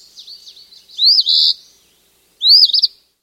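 Eastern phoebe giving two sharp, high two-part phrases, each rising then buzzing, after a few soft faint notes at the start.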